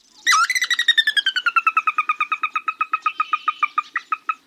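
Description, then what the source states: Sora giving its whinny: a loud high opening note followed by a long series of rapid whistled notes that descend in pitch. Usually shy male calling alone at dawn in a western marsh in midsummer.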